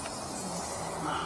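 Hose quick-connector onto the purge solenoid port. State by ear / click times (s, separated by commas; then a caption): not seated / none. An evap/purge hose quick-connector is being handled at the purge solenoid port on a Ford F-150 2.7 EcoBoost, to be pushed on until it clicks and then locked by pressing down its tab. Only a steady hiss with low hum is heard for 1.3 seconds. Nothing has seated or clicked yet.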